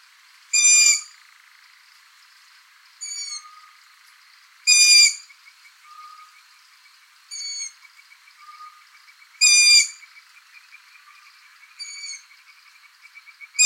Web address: asio otus call